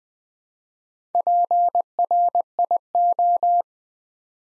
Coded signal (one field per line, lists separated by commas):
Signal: Morse code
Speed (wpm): 20 wpm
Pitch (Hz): 700 Hz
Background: none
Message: PRIO